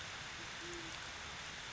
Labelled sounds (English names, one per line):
Band-tailed Pigeon